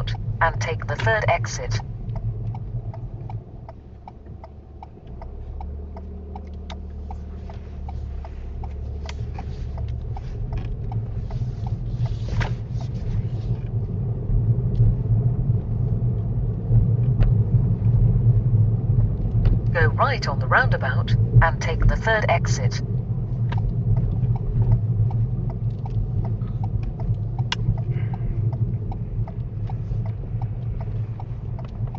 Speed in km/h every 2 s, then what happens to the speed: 6, 0, 0, 0, 10, 11, 16, 18, 19, 18, 16, 15, 13, 13, 10, 8.
0-2 slows to 0. 2-6 standing. 6-15 pulls away to 19. 15-26 steady at about 15.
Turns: none.